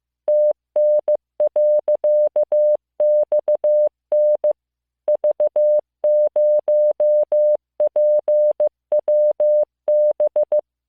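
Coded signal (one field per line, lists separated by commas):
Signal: Morse code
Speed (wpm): 15 wpm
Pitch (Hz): 600 Hz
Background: none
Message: TN.XN V0PWB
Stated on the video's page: Morse listening practice of random five-character groups of letters, numbers and punctuation.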